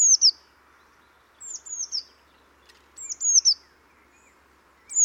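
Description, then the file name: Eurasian blue tit giving high, sliding-down tsee notes in short bursts of two or three, spaced about every one and a half seconds, against soft background noise. "Cyanistes caeruleus"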